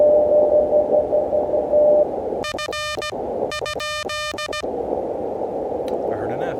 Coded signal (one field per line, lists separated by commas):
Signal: Morse code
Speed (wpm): 17 wpm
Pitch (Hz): 1210 Hz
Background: speech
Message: F ?